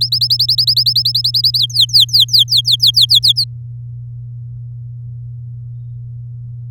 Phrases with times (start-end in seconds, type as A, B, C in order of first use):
0.01-1.59 A, 1.59-3.44 B